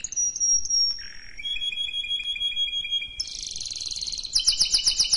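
Canary song: a sharp whistle, then a low buzzy note, then a long repeated whistled trill that breaks into a dense, rattling roll near the end.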